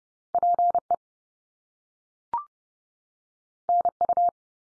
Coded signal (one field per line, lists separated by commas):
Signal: Morse code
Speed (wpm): 30 wpm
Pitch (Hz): 700 Hz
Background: none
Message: PE NU